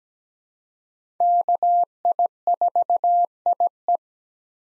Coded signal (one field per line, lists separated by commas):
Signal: Morse code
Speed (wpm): 17 wpm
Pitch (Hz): 700 Hz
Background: none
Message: KI4IE